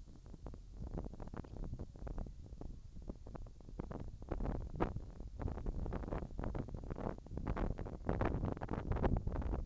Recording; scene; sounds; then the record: everyday scene through a hearing-aid microphone; wind on the microphone; wind, whistling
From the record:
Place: in front of a rural house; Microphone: in the ear canal, left